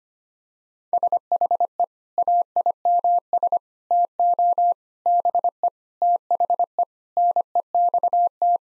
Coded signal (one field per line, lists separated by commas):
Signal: Morse code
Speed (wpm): 25 wpm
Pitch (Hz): 700 Hz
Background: none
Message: SHE AIMS TO BE THE NEXT